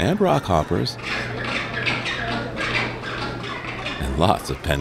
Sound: calls of rockhopper penguins